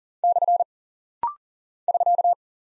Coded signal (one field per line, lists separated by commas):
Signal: Morse code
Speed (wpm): 39 wpm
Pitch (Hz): 700 Hz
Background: none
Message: / <SK>